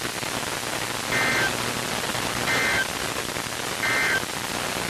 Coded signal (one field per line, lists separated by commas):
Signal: Emergency Alert System (SAME) tones